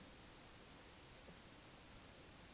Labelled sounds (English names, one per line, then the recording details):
Eurasian Woodcock whistle
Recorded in Baden-Württemberg, Germany, on 11 June 2021 at 20:25 UTC
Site 24608, 624 m above sea level